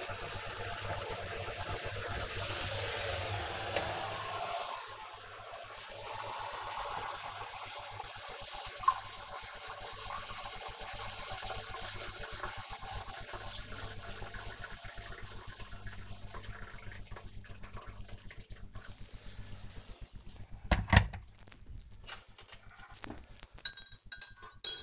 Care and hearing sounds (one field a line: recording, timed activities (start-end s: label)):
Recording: household activities, microphone on the right wrist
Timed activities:
0.00-21.13 s: making tea